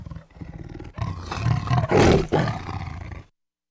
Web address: big cats|tigers